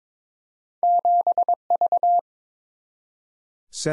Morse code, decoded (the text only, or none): 7V